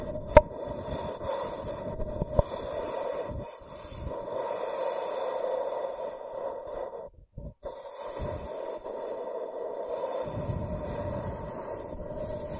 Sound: Scratching & Tracing